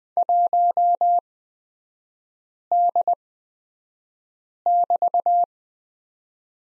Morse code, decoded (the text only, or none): 1D<BT>